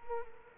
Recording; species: mosquito wingbeat signal from an infrared sensor; Culex quinquefasciatus